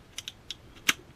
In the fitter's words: it just clicks into place like so so